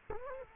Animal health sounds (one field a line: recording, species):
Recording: mosquito wingbeat signal from an infrared sensor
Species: Culex quinquefasciatus